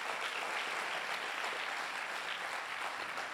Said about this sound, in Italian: Non amerita il Signore un applauso per la sua grazia.